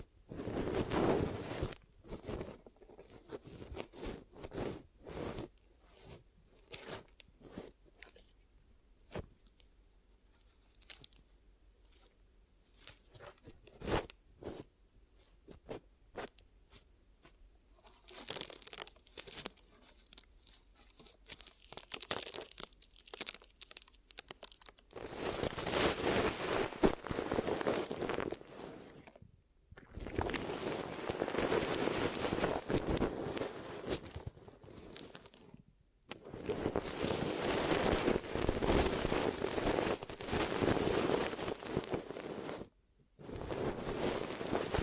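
Ear massage with sticky glue, sparse crackling taps early, then dense, steady crinkly rubbing after 25 seconds, broken by brief silences.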